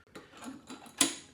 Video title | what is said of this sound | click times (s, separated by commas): Best Battery Pressure Washer? - 3000 PSI? - Greenworks 80V - Review & Testing | snaps right in and to come off it's it's that quick | 1.0 s